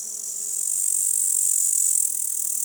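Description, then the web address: Grasshopper stridulation, a continuous high, hissing buzz that swells in the first half second, holds steady, then eases slightly toward the end. Meadow, daytime, recorded close. "Soulframe Sounds. Meadow Day Animals Meadow Close Grasshopper"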